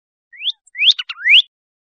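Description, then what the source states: Pyrrhuloxia singing three rising whistled slurs, with two short choppy notes between the second and third. Recorded 28 April 2001.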